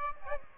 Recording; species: mosquito wingbeat signal from an infrared sensor; Aedes aegypti